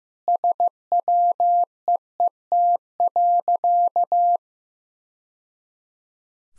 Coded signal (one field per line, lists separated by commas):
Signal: Morse code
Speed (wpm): 15 wpm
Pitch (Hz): 700 Hz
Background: none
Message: SWEET.